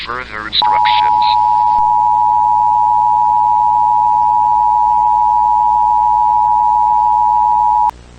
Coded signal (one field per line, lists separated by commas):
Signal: Emergency Alert System (SAME) tones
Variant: 853 and 960 Hz attention tone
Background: speech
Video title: EAS Scenario: The Entity That Doesn't Exist [FULL VERSION]